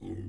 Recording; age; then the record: pig call; weaner (32 to 43 days)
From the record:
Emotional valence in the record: negative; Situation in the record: negative conditioning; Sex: female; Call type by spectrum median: low-frequency call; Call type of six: low-frequency stable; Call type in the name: low-frequency stable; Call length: 0.29 s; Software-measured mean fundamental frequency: 47 Hz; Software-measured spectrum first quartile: 99 Hz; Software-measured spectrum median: 218 Hz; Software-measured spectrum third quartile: 341 Hz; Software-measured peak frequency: 333 Hz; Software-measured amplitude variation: 121 dB a second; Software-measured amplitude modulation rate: 27.7 a second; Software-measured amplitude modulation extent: 4.4 dB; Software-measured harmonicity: -1.9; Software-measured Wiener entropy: 0.35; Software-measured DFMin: 1039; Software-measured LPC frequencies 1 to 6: 313, 1945, 3480, 4844, 6313, 7307 Hz